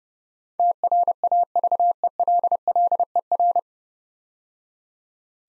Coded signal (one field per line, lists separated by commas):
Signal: Morse code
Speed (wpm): 30 wpm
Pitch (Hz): 700 Hz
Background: none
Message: TRAVELLER